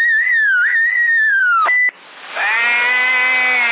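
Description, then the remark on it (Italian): A person whistles a wavering, mid-pitched tune over a thin, band-limited CB radio channel in Sassari, December 2007, then a brief dropout gives way to a steady, buzzy tone with stacked harmonics. “Perché lui le fischia, capito? Lui fischia anche qua.”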